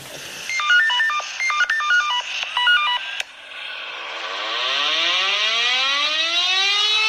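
A rapid string of electronic dialing tones gives way to the alarm siren of a Polish fire brigade unit winding up to summon its firefighters, who also get the alert on their phones. Its steady wail climbs in pitch and swells louder, with no voices.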